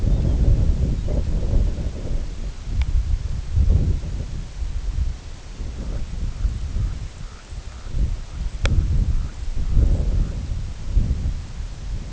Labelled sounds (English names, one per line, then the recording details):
Lapland Longspur
White-rumped Sandpiper
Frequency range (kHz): Lapland Longspur 3.0-4.2 kHz
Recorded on Arctic tundra, site IGLO-D, on 19 June 2018
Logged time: 18:00